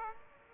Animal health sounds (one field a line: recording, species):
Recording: mosquito wingbeat signal from an infrared sensor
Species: Aedes aegypti